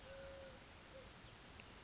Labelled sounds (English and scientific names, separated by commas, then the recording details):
Eurasian Collared Dove (Streptopelia decaocto)
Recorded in Sonoma County, California